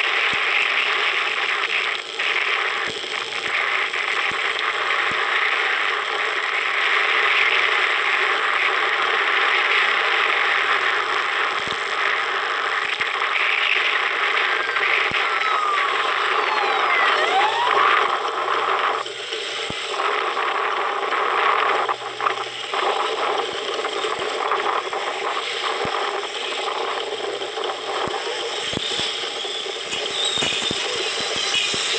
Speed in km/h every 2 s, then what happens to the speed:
36, 37, 38, 37, 34, 34, 29, 26, 23, 21, 20, 20, 19, 19, 19, 19.
0-10 steady at about 36. 10-19 slows to 20. 19-32 steady at about 19.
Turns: none.